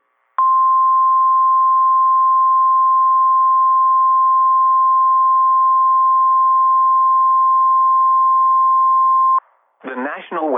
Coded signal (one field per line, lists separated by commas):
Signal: Emergency Alert System (SAME) tones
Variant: 1050 Hz attention tone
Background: speech